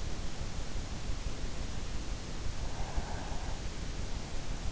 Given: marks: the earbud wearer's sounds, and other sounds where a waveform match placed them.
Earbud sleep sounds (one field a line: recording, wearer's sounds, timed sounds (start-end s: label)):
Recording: sounds in sleep by an in-ear microphone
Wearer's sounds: breath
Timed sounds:
2.66-3.81 s: breath